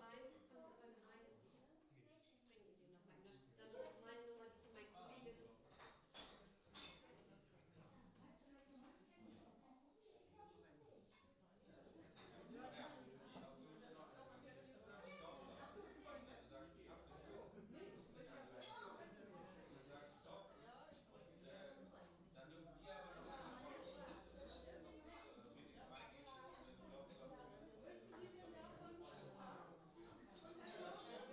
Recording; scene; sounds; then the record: everyday scene through a hearing-aid microphone; many people talking; many voices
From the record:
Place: parish hall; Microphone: in the ear canal, left